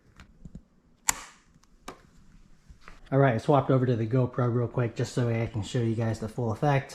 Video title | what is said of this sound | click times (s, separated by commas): 2023 ZX10R Best Phone Mount! Easy DIY | snaps into here | 1.1 s